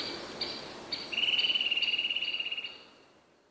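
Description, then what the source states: Eurasian nuthatch song: a quick, level trill of clear high notes lasting about one and a half seconds, after a few faint, scattered bird notes. Fastest trills of the song.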